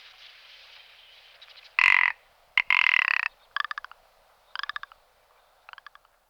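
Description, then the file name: Rock ptarmigan rattling call: two loud harsh grating bursts, followed by three shorter clicking rattles that grow fainter. "Fr meaux Nature - Lagop de Alpin"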